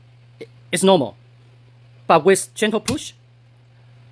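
A spring-loaded trigger part in a 3D-printed toy blaster is handled with a gentle push while someone talks. A faint tap comes at 0.4 s, and a steady low hum runs underneath. Nothing has seated or clicked yet, and the part has not snapped back in place by the end.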